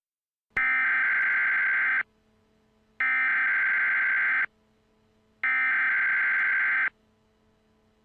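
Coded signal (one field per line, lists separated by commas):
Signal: Emergency Alert System (SAME) tones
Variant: header bursts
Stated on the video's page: Fictional EAS scenario.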